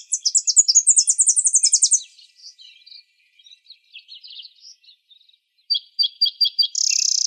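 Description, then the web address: Tennessee Warbler song of rapid high chips in a long rattling run, then softer notes, a few spaced chips, and a buzzy trill that starts at the end. From the Arizona Field Ornithologists sound library; dated 050107. "Sound Library Vermivora Parula Dendroica AZFO TEWA deviche 050107"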